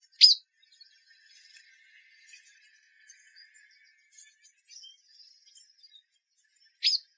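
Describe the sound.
Harris's sparrow giving two sharp, high chip notes about six and a half seconds apart, with faint thin twittering in the quiet gap between them.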